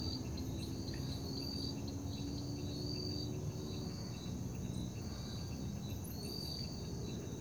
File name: Ambiencia parque da liberdade a noite com grilos, morcegos, som de gota dagua e transito longe